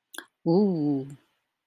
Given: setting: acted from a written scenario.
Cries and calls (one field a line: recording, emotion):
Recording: vocal sound without words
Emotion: desire